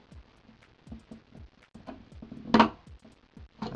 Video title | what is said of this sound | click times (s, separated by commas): How to Install RAM in 30 seconds | it should click in nice and secure like that | 2.5 s